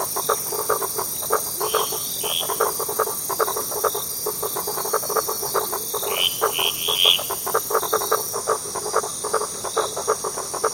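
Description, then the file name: Frogs calling: dense chorus of rapid, clicking pulsed croaks repeated without pause, with a few brief higher chirps and a steady hiss behind. Echoed frogs with waves. "echoed frogs and waves"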